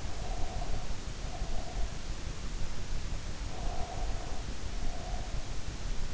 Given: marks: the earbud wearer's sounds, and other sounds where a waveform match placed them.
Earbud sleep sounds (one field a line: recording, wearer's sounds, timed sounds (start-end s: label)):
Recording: sounds in sleep by an in-ear microphone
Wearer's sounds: breath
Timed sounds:
0.00-2.14 s: breath
3.50-5.55 s: breath